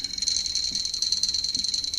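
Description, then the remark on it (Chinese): A handheld clapper instrument of four boards, two held in each hand and struck by opening and closing them, rattled rapidly, producing a steady, shrill, cicada-like buzz that shimmers without pause. Two soft low thumps break in briefly underneath. “听听看像什么声音？ 蝉鸣。”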